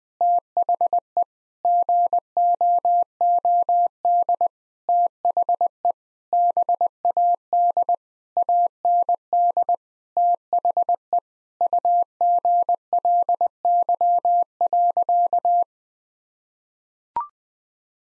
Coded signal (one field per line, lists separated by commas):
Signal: Morse code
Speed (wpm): 20 wpm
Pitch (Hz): 700 Hz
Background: none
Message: THE GOOD THE BAD AND THE UGLY.